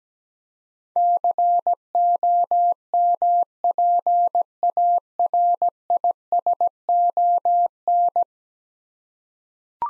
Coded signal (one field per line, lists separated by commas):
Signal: Morse code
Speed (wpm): 17 wpm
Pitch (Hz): 700 Hz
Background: none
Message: COMPARISON